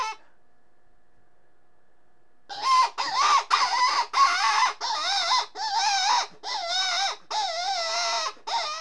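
Rabbit squealing, silent for over two seconds, then a run of harsh, wavering, quavering cries in quick bursts, about one to two per second, to the end.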